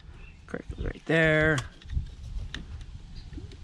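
Someone talks while handling the door lock wiring connector at the door latch actuator of a 2012 Ford Fusion, with a strong harmonic tone from about 1.1 to 1.6 s and a few brief taps and knocks. The connector is being pushed toward the latch unit, but nothing has seated or clicked yet.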